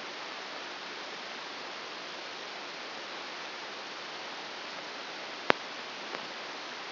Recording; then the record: brain microelectrode recording played as sound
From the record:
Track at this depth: inside the subthalamic nucleus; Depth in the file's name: 4.002 mm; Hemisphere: left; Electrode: 1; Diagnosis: Parkinson's disease